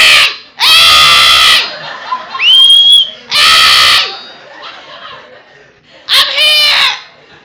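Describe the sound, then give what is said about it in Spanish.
A blind man crying out for mercy screams loudly three times, with strained, harsh, sustained cries separated by short pauses, and a brief high whistling tone slides upward between the first two. “Ese tipo empezó a gritar.”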